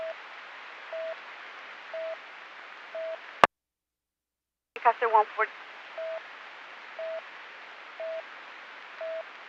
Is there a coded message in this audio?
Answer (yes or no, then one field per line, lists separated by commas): no